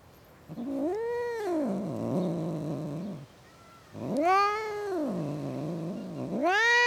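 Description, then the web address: Cat yowls, two arched rising-and-falling wails trailing into low throaty warbles, then a third wail beginning. Cats in a suburban garden. "Cats In A Suburban Garden. The BBC Sound Effects Library"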